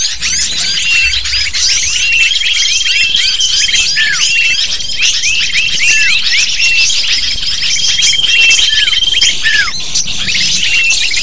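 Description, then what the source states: Lovebird flock chatter, a dense nonstop mass of shrill squeaky chirps and screeches, with thin steady whistling tones running through the middle stretch. Lure sound used to attract lovebirds.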